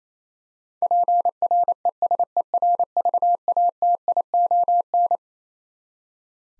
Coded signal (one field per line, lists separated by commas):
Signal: Morse code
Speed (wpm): 27 wpm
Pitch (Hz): 700 Hz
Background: none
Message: PRESERVATION